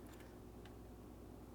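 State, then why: Not seated. An 8-pin (6+2) PCIe power connector made of plastic is pushed down into a graphics card's power socket over a steady low hum, with only a faint tick near 0.7 s. No click is heard and nothing has clicked, though the connector ends up well seated.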